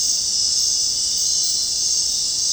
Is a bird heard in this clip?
no